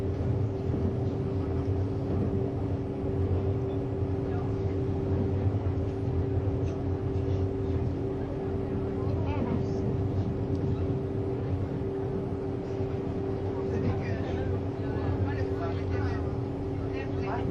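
A Swiss RABDe500 ICN tilting train on the Gotthard line runs with a steady, dense low rumble and two constant droning hum tones. Loudness stays even throughout, with faint brighter squeaks and rattles around nine and fourteen seconds.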